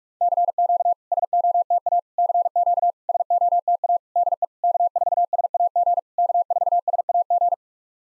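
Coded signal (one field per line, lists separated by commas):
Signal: Morse code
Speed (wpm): 44 wpm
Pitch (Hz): 700 Hz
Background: none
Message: CQ SOTA CQ SOTA DE K4SAG K4SAG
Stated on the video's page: SOTA exchange practice at 45 wpm, each exchange sent in Morse, then spoken, then sent again.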